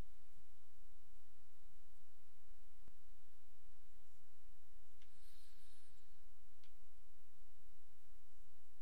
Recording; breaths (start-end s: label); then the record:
nose breathing near a microphone
4.91-6.56 s: inhalation
From the record:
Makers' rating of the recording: medium